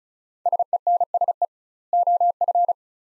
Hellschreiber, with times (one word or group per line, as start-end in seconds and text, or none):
none